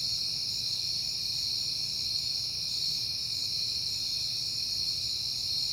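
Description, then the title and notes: Cricket chorus, unbroken shrill trilling that holds steady throughout, over a soft low hum of background noise. Crickets recorded on a peaceful night in September. "Night Time: Crickets and Passing Cars. It is September and I have been hearing the crickets a lot, but finally had a peaceful night to make the recording"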